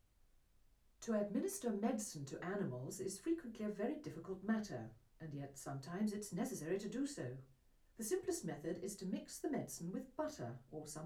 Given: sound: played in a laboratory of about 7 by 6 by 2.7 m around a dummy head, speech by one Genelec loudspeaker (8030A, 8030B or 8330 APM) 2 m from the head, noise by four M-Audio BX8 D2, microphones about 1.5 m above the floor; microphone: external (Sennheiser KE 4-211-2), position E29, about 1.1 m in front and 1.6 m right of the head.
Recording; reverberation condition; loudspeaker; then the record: female speech in English; low; 120 degrees to the left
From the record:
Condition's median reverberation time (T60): about 310 ms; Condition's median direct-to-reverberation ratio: about 3.5 dB